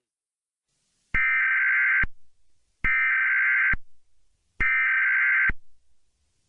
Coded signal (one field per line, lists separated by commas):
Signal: Emergency Alert System (SAME) tones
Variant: header bursts